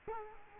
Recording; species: mosquito wingbeat signal from an infrared sensor; Culex quinquefasciatus